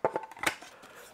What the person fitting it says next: tık diye oturttuk ayağımızı